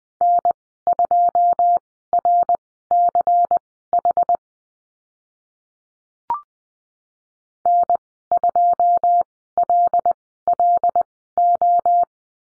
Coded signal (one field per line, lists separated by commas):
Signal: Morse code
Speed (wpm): 19 wpm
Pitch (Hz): 700 Hz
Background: none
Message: N2RCH N2LLO